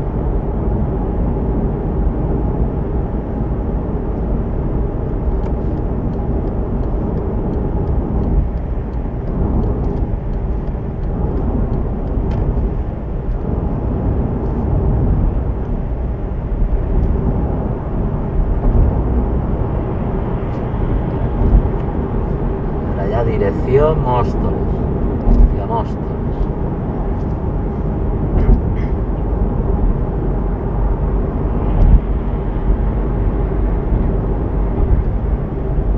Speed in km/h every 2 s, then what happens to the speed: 77, 78, 79, 79, 79, 80, 82, 82, 83, 84, 86, 83, 81, 80, 80, 80, 81, 83.
0-36 steady at about 80.